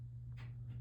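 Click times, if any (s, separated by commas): none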